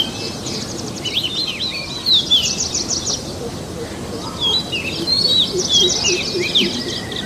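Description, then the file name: Oriental magpie-robin song: rapid buzzy trills and clear whistled slurs in bursts, with a pause midway, amid a steady background hiss. Forest magpie-robin ('kacer hutan'), in forest. "suara kacer hutan. omkicau"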